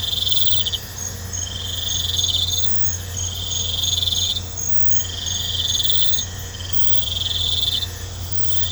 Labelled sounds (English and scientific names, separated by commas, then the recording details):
none
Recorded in pastures near Puerto Asís, Putumayo, Colombia, on 20 December 2024 at 01:30
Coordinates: 0.502, -76.324
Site G077